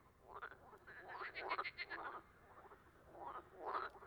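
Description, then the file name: Frogs in chorus, a fast pulsed trill in the middle among scattered croaks. Amphibians calling at a tuilerie (tile works) on 18 March 2017. "2017-03-18 tuilerie chant amphibiens grenouilles"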